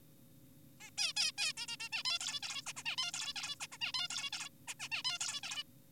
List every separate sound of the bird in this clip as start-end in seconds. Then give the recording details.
0.80-0.90, 0.98-1.13, 1.17-1.32, 1.38-1.53, 1.57-1.67, 1.68-1.76, 1.80-1.89, 1.93-2.03, 2.05-2.19, 2.20-2.40, 2.43-2.62, 2.66-2.73, 2.76-2.83, 2.86-2.96, 2.98-3.12, 3.14-3.33, 3.36-3.56, 3.60-3.67, 3.72-3.78, 3.81-3.92, 3.94-4.08, 4.10-4.30, 4.33-4.49, 4.68-4.74, 4.80-4.88, 4.92-5.02, 5.05-5.18, 5.21-5.40, 5.43-5.63. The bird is an adult. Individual g4p5U